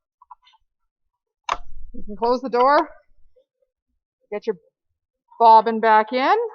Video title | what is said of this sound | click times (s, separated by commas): Tech Tips: My Thread is Turning Brown | your hook will pop into place | 0.2 s, 0.3 s